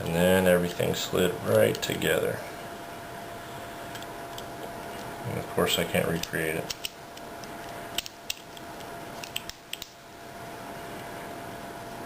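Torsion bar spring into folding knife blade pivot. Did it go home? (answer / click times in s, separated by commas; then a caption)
no / none. While reassembling a Kershaw Whirlwind/Blackout folding knife, someone handles the opened blade and works the new torsion bar spring, trying to get its tab to snap into the hole on the blade pivot. Someone talks early in the clip, then short, sharp metallic ticks come at about 8.0, 8.3, 9.4 and 9.7 seconds over a quiet background. The spring has not snapped into place yet, and nothing has seated by the end.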